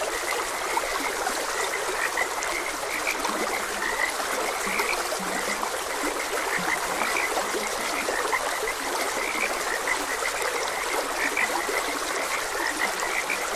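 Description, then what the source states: Continuous frog chorus of short repeated croaks, occasional lower notes, over a broad steady rush of stream water. Frogs croaking beside a gentle stream.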